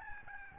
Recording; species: mosquito wingbeat signal from an infrared sensor; Aedes albopictus